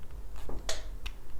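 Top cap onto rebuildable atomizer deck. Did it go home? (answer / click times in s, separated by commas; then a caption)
yes / 0.7 s, 1.1 s. A Hellvape Dead Rabbit 3 rebuildable dripping atomizer (RDA) has its top cap, holes lined up facing the coil, pressed down onto the deck. After a soft scrape near 0.5 s, two sharp clicks sound at 0.7 s and 1.1 s as the cap snaps fully home. The cap ends up seated.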